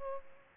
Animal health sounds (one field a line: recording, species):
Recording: mosquito wingbeat signal from an infrared sensor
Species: Culex pipiens